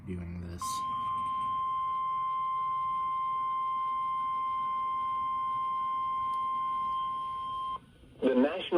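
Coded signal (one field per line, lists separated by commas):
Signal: Emergency Alert System (SAME) tones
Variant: 1050 Hz attention tone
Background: speech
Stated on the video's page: EAS tones from mid-September 2022 alerts.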